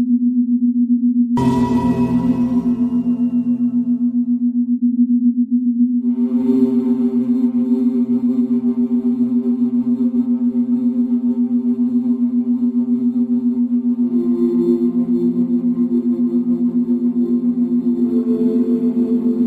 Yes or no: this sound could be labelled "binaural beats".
yes